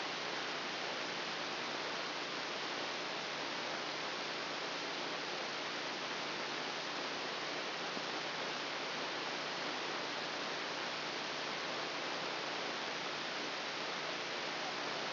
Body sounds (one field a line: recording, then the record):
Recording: brain microelectrode recording played as sound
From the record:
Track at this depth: inside the subthalamic nucleus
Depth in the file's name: 2.709 mm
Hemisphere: left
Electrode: 2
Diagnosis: Parkinson's disease